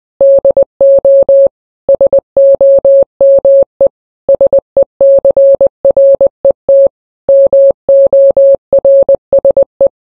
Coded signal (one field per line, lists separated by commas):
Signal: Morse code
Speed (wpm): 21 wpm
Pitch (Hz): 550 Hz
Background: none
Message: DO SOME SECRET MORSE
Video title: A Secret Message In Morse Code